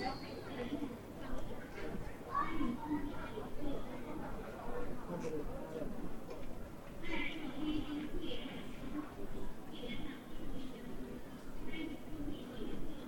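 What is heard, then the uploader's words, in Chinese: Chunxi Road in Chengdu: a steady, dense murmur of many overlapping voices runs throughout, with no single speaker standing out for long. A low hum sits underneath, and brighter bursts of louder voices rise around seven to eight seconds and again near ten to twelve. 成都春熙路。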